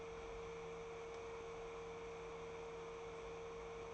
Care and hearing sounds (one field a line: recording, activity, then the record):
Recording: daily activity, microphone in the room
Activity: open fridge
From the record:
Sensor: 1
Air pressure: 1014.9 hPa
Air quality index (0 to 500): 193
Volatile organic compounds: 21 ppm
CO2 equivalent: 2730 ppm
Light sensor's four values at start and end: 10/25/10/11 and 10/25/10/11